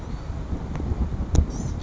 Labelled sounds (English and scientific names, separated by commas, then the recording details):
Blue-gray Gnatcatcher (Polioptila caerulea)
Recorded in Sonoma County, California